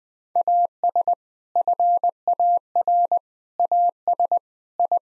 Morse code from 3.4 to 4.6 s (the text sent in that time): AS